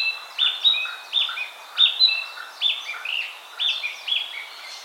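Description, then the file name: Narcissus flycatcher song: quick whistled phrases sliding down between two pitches, repeated in a lively rhythm with soft lower notes behind. "Ficedula narcissina"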